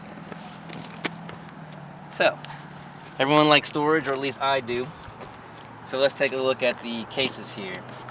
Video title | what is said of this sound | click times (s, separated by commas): NC700X Review 1 of 2 | cover, lift up on that, and then just slide it down and it'll click into place. | 1.1 s